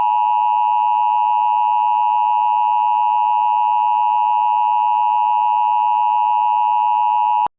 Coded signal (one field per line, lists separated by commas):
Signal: Emergency Alert System (SAME) tones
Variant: 853 and 960 Hz attention tone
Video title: EAS Mock 38: I don't feel like naming these anymore...